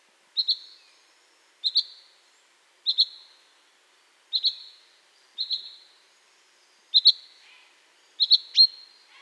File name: Fringilla coelebs